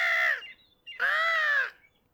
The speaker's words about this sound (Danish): men så får han øje på en måge højt oppe i luften.